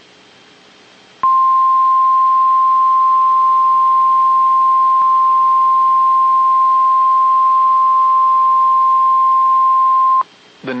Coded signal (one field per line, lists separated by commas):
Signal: Emergency Alert System (SAME) tones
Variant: 1050 Hz attention tone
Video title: EAS Catch #1: (EAS) Severe Thunderstorm Warning